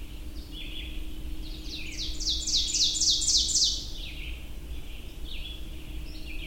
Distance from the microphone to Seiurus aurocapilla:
about 15 m